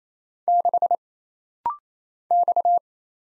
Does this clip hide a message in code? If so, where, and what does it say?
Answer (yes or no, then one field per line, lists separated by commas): yes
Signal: Morse code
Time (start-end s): 0.5-2.8 s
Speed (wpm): 27 wpm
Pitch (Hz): 700 Hz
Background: none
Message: 6 X